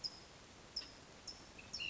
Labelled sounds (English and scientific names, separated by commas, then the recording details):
California Towhee (Melozone crissalis)
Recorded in Sonoma County, California